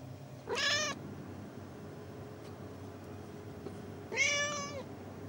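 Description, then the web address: Persian cat giving two short, harmonic-rich meows a few seconds apart. Persian cat miaowing. "BBC Cats BBC"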